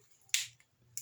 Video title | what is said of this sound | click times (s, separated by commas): MCOT ❤ Monitoring Sys by Bi💙Tel...Pt 2 | i heard the click | 0.3 s